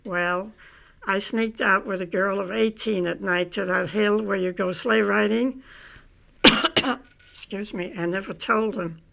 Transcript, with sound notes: Well, I sneaked out with a girl of eighteen at night to that hill where you go sleigh riding (she coughs) --Excuse me --I never told him.